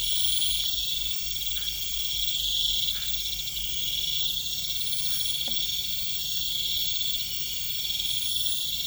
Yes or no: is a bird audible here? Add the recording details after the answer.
no. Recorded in pastures near Puerto Asís, Putumayo, Colombia, on 20 December 2024 at 21:00. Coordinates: 0.472, -76.329. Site G072